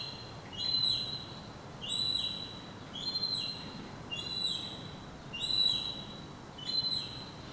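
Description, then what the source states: Baby gull repeating shrill whistled peeps a little over a second apart, each note level then dipping at the end, six calls in a series with light hiss behind. Young gull chick.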